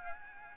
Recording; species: mosquito wingbeat signal from an infrared sensor; Aedes aegypti